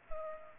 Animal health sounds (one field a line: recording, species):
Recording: mosquito wingbeat signal from an infrared sensor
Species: Culex pipiens